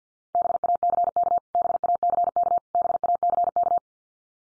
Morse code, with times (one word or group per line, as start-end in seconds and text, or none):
0.3-1.4 BACK
1.5-2.6 BACK
2.7-3.8 BACK